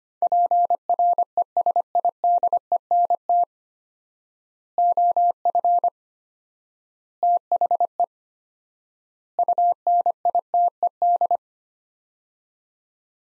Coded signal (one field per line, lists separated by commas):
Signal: Morse code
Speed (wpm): 25 wpm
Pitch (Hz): 700 Hz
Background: none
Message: PRESIDENT OF THE UNITED